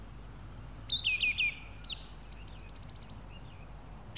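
Song thrush giving a short phrase of squeaky whistles followed by a rapid rattling trill.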